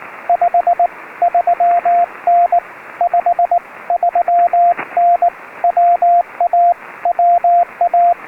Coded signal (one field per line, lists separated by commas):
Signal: Morse code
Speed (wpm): 19 wpm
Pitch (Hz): 700 Hz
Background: radio noise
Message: 53N 53N WA WA